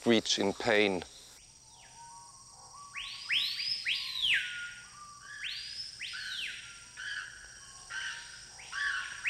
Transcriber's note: soundbite of birds